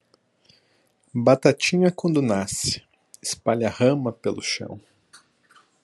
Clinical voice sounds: short text; Brazilian Portuguese; male; 20 to 29 years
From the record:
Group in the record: control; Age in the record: 28 years

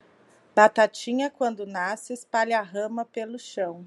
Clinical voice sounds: short text; Brazilian Portuguese; female; 30 to 39 years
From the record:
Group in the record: control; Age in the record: 35 years

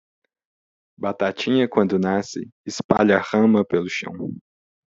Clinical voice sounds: short text; Brazilian Portuguese; male; 30 to 39 years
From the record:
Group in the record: control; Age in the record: 32 years

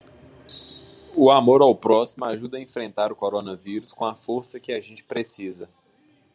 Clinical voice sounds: spoken sentence; Brazilian Portuguese; male; 18 to 19 years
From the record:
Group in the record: control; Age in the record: 18 years

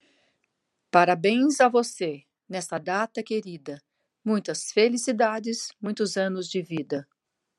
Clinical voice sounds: short text; Brazilian Portuguese; female; 60 to 69 years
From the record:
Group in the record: control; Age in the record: 64 years

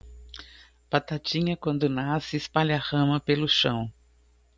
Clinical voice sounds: short text; Brazilian Portuguese; female; 60 to 69 years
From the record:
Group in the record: control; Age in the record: 62 years

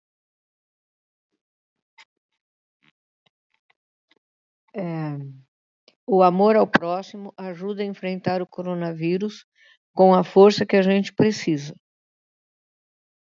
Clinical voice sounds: spoken sentence; Brazilian Portuguese; female; 70 to 79 years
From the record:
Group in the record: control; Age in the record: 70 years

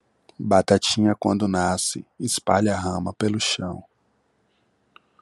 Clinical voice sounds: short text; Brazilian Portuguese; male; 20 to 29 years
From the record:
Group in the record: control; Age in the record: 28 years

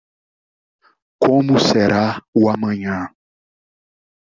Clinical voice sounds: short text; Brazilian Portuguese; male; 30 to 39 years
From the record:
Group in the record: control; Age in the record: 35 years

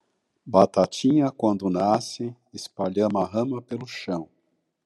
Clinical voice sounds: short text; Brazilian Portuguese; male; 60 to 69 years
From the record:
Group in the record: control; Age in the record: 65 years

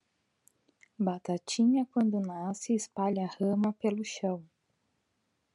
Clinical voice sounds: short text; Brazilian Portuguese; female; 30 to 39 years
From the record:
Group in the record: control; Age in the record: 39 years

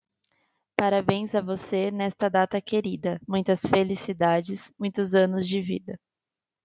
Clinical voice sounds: short text; Brazilian Portuguese; female; 20 to 29 years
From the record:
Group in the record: control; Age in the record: 22 years

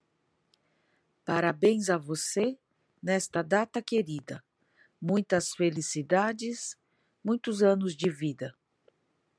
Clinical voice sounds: short text; Brazilian Portuguese; female; 40 to 49 years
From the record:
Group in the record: control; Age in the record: 47 years

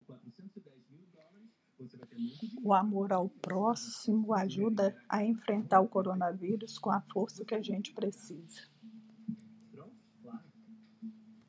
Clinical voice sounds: spoken sentence; Brazilian Portuguese; female; 50 to 59 years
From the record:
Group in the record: control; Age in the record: 57 years

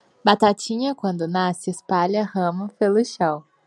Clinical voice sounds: short text; Brazilian Portuguese; female; 20 to 29 years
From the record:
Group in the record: control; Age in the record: 21 years

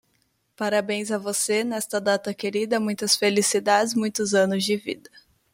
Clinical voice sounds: short text; Brazilian Portuguese; female; 20 to 29 years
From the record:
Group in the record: control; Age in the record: 26 years

